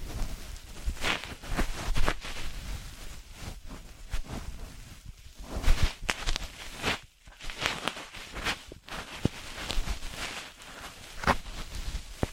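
Ear massage and cleaning, a dense run of soft rubbing, scratching and crackling strokes with bright bursts and brief pauses near seven seconds.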